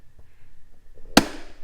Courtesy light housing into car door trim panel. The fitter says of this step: and that's it she's clicked in place that's the illumination it throws with some background illumination